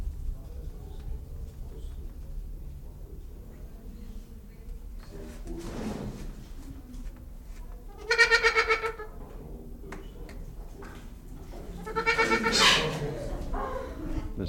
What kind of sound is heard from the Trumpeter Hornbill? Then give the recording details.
call. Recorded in captivity. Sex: pair. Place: Zoo Berlin, Berlin, DE. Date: 1996-02-24 12:19. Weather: heiter, -6°C. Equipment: Sony WM-D6C, Sennheiser ME 80, Kopie Uher 4000 Report Monitor. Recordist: Tembrock, Günter